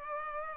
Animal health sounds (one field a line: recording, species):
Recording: mosquito wingbeat signal from an infrared sensor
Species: Culex pipiens